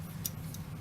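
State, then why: Seated. A plastic panel of a Transformers The Last Knight Cogman Deluxe robot action figure is folded in on itself and pushed down into the figure's body during transformation. A sharp, small plastic click at 0.3 s marks the panel locking into place, followed by a fainter tick at 0.5 s over a steady low hum.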